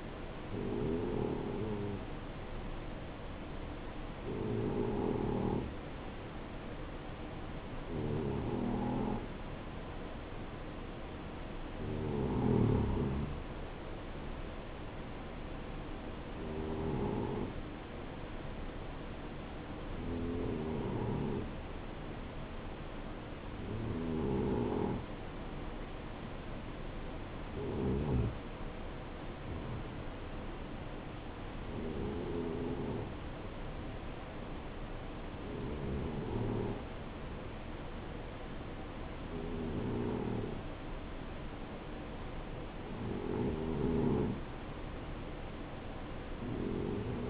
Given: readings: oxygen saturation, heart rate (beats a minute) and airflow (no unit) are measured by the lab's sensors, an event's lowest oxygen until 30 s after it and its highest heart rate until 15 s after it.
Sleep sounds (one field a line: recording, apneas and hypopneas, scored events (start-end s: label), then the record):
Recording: breathing in sleep by a voice recorder at the bedside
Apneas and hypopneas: none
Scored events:
none scored
From the record:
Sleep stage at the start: N2 (light sleep)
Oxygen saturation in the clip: 90 to 92%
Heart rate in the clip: 60 to 70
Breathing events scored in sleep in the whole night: 277 in 7.4 hours asleep